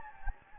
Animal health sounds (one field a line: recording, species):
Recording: mosquito wingbeat signal from an infrared sensor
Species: Anopheles gambiae